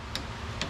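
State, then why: Torque reached. A click-type torque wrench tightens a caliper bolt on the rear brake of a 2016 Chrysler Town and Country minivan during a rear pad and rotor job. Two sharp clicks come at 0.1 s and 0.6 s over a low steady background, and the wrench reaches its torque setting.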